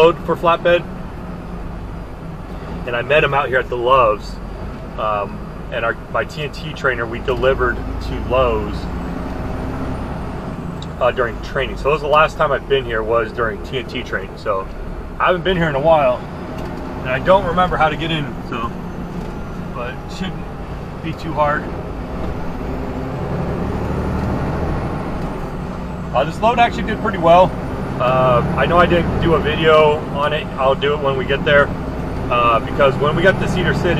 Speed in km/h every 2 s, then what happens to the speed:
47, 37, 27, 24, 27, 29, 24, 24, 23, 19, 19, 23, 26, 31, 34, 34, 37.
0-5 brakes to 24. 5-10 steady at about 27. 10-19 slows to 19. 19-28 speeds up to 34.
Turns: 15-22.